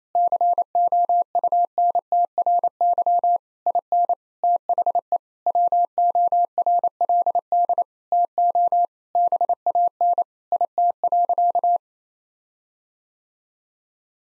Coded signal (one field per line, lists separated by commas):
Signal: Morse code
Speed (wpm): 28 wpm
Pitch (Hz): 700 Hz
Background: none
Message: COUNTRY IN THE WORLD TO BAN IT.